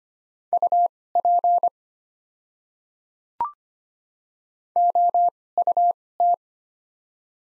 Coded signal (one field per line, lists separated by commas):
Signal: Morse code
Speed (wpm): 25 wpm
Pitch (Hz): 700 Hz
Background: none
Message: UP OUT